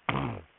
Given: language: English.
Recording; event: throat vibration sensor signal played as sound; throat clearing